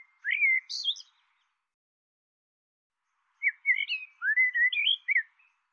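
Bird producing a short phrase of slurred whistles with a squeaky high note, then after a pause a longer run of flowing rising and falling whistles.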